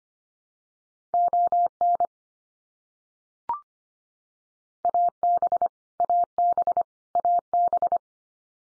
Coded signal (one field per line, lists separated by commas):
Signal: Morse code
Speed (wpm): 25 wpm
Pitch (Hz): 700 Hz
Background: none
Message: ON AB AB AB